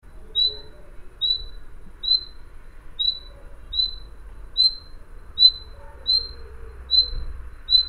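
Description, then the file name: Common nightingale calling: a high, brief upslurred whistle repeated a little over once a second, fairly steady, above faint low background noise. "Luscinia megarhynchos"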